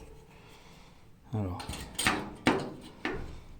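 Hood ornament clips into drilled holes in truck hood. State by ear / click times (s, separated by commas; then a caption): partly seated / 2.5 s. Someone talks as the ram-head hood ornament for a 1988 Dodge Ram D150 is pushed into holes drilled in the metal truck hood to see whether its clips snap in, producing a burst of sharp knocks with a clip click at 2.5 s. Everything goes in, but the ornament is not fully seated because the holes still need enlarging a little.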